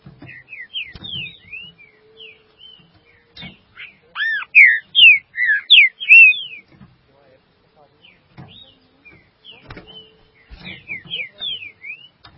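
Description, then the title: Green-winged saltator singing a bright phrase of loud, looping whistled notes in the middle, framed by softer whistles and occasional soft knocks. "Trinca Ferro"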